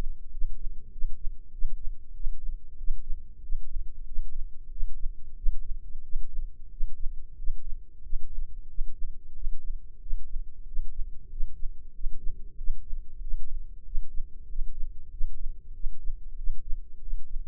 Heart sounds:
heart sounds by microphone in the right ear; 93 bpm
0.29 s: heartbeat
0.90 s: heartbeat
1.50 s: heartbeat
2.12 s: heartbeat
2.76 s: heartbeat
3.40 s: heartbeat
4.04 s: heartbeat
4.68 s: heartbeat
5.34 s: heartbeat
6.01 s: heartbeat
6.68 s: heartbeat
7.35 s: heartbeat
8.01 s: heartbeat
8.66 s: heartbeat
9.32 s: heartbeat
9.98 s: heartbeat
10.64 s: heartbeat
11.28 s: heartbeat
11.91 s: heartbeat
12.55 s: heartbeat
13.19 s: heartbeat
13.82 s: heartbeat
14.46 s: heartbeat
15.08 s: heartbeat
15.72 s: heartbeat
16.35 s: heartbeat
16.98 s: heartbeat
From the record:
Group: healthy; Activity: rest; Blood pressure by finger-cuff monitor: 95/66 mmHg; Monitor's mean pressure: 75 mmHg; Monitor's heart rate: 94 bpm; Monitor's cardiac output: 7.6 L/min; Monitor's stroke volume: 81 mL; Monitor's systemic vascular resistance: 720 dyn s/cm5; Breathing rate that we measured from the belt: 16 breaths a minute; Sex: male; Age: 19 years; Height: 178 cm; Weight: 83 kg

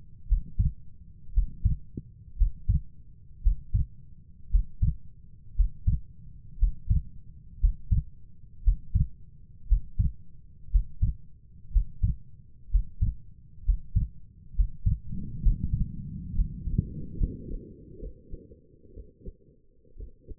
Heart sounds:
heart sounds by stethoscope; 61 bpm
0.27 s: heartbeat
1.33 s: heartbeat
2.37 s: heartbeat
3.42 s: heartbeat
4.50 s: heartbeat
5.55 s: heartbeat
6.58 s: heartbeat
7.59 s: heartbeat
8.63 s: heartbeat
9.67 s: heartbeat
10.70 s: heartbeat
11.71 s: heartbeat
12.70 s: heartbeat
13.64 s: heartbeat
14.55 s: heartbeat
15.41 s: heartbeat
16.35 s: heartbeat
17.18 s: heartbeat
18.00 s: heartbeat
18.94 s: heartbeat
19.97 s: heartbeat
From the record:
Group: healthy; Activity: Valsalva maneuver 0-15 s, rest 15-20 s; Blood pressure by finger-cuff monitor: 87/53 mmHg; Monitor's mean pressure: 62 mmHg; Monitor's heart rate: 58 bpm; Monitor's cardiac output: 4.7 L/min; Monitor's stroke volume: 80 mL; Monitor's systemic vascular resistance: 940 dyn s/cm5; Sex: female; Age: 28 years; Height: 170 cm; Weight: 77 kg

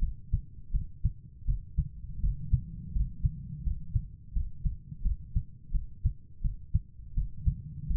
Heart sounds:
heart sounds by stethoscope; 84 bpm
0.71 s: heartbeat
1.45 s: heartbeat
2.20 s: heartbeat
2.92 s: heartbeat
3.63 s: heartbeat
4.32 s: heartbeat
5.02 s: heartbeat
5.71 s: heartbeat
6.41 s: heartbeat
7.14 s: heartbeat
7.86 s: heartbeat
From the record:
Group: healthy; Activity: cold pressor test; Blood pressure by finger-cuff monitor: 120/90 mmHg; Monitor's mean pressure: 101 mmHg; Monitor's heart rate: 85 bpm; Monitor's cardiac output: 5.9 L/min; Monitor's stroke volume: 70 mL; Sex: female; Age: 32 years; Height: 172 cm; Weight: 71.7 kg

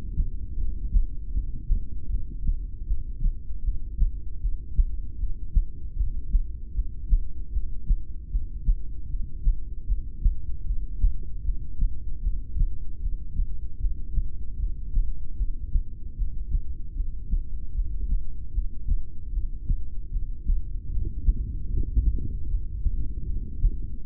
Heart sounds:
heart sounds by stethoscope; 77 bpm
0.53 s: heartbeat
1.29 s: heartbeat
2.06 s: heartbeat
2.83 s: heartbeat
3.60 s: heartbeat
4.37 s: heartbeat
5.15 s: heartbeat
5.93 s: heartbeat
6.70 s: heartbeat
7.48 s: heartbeat
8.26 s: heartbeat
9.05 s: heartbeat
9.83 s: heartbeat
10.62 s: heartbeat
11.40 s: heartbeat
12.18 s: heartbeat
12.97 s: heartbeat
13.76 s: heartbeat
14.55 s: heartbeat
15.34 s: heartbeat
16.13 s: heartbeat
16.91 s: heartbeat
17.70 s: heartbeat
18.49 s: heartbeat
19.28 s: heartbeat
20.07 s: heartbeat
20.87 s: heartbeat
21.65 s: heartbeat
22.44 s: heartbeat
23.22 s: heartbeat
24.00 s: heartbeat
From the record:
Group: heart failure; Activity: rest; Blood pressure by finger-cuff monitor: 83/59 mmHg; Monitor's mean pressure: 69 mmHg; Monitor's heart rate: 77 bpm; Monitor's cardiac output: 5.9 L/min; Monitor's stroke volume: 77 mL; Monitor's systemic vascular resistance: 830 dyn s/cm5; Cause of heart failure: ischemic heart disease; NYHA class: 2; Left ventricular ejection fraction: 28%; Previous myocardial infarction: present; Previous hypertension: present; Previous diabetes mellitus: present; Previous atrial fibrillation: present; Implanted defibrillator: present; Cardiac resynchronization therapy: present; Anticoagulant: apixaban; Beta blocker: bisoprolol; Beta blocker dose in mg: 10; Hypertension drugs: sacubitril-valsartan, spironolactone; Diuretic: furosemide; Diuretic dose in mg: 20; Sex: male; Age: 62 years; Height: 178 cm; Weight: 88.3 kg

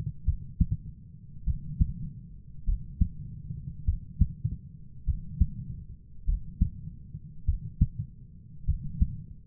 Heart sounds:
heart sounds by stethoscope; 50 bpm
0.23 s: heartbeat
1.43 s: heartbeat
2.63 s: heartbeat
3.83 s: heartbeat
5.03 s: heartbeat
6.23 s: heartbeat
7.43 s: heartbeat
8.63 s: heartbeat
From the record:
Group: heart failure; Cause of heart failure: dilated cardiomyopathy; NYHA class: 3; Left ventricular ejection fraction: 27%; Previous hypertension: present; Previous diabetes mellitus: present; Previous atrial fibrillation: present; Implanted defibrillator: present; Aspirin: present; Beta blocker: bisoprolol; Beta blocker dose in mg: 1.25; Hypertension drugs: sacubitril-valsartan, spironolactone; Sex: female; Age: 39 years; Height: 170 cm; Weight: 64 kg

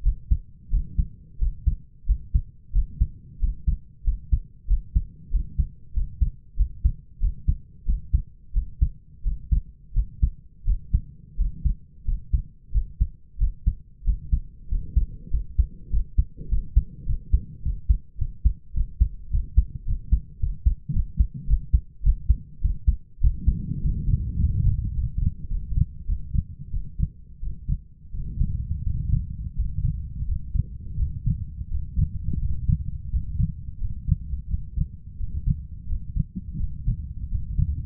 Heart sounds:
heart sounds by stethoscope; 93 bpm
0.03 s: heartbeat
0.70 s: heartbeat
1.38 s: heartbeat
2.06 s: heartbeat
2.72 s: heartbeat
3.39 s: heartbeat
4.04 s: heartbeat
4.67 s: heartbeat
5.30 s: heartbeat
5.93 s: heartbeat
6.56 s: heartbeat
7.19 s: heartbeat
7.85 s: heartbeat
8.53 s: heartbeat
9.23 s: heartbeat
9.93 s: heartbeat
10.65 s: heartbeat
11.36 s: heartbeat
12.04 s: heartbeat
12.72 s: heartbeat
13.38 s: heartbeat
14.04 s: heartbeat
14.68 s: heartbeat
15.30 s: heartbeat
15.90 s: heartbeat
16.48 s: heartbeat
17.05 s: heartbeat
17.62 s: heartbeat
18.17 s: heartbeat
18.73 s: heartbeat
19.30 s: heartbeat
19.85 s: heartbeat
20.39 s: heartbeat
20.92 s: heartbeat
21.46 s: heartbeat
22.02 s: heartbeat
22.61 s: heartbeat
23.20 s: heartbeat
23.81 s: heartbeat
24.39 s: heartbeat
24.94 s: heartbeat
25.49 s: heartbeat
26.07 s: heartbeat
26.71 s: heartbeat
27.41 s: heartbeat
28.12 s: heartbeat
28.84 s: heartbeat
29.56 s: heartbeat
30.26 s: heartbeat
30.97 s: heartbeat
31.69 s: heartbeat
32.40 s: heartbeat
33.10 s: heartbeat
33.79 s: heartbeat
34.48 s: heartbeat
35.18 s: heartbeat
35.87 s: heartbeat
36.58 s: heartbeat
37.29 s: heartbeat
From the record:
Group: healthy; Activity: rest 0-23 s, breath hold 23-38 s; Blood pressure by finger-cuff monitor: 99/60 mmHg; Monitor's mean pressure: 73 mmHg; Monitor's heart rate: 89 bpm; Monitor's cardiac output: 6.6 L/min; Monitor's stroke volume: 72 mL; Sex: male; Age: 22 years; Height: 181 cm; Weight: 60 kg

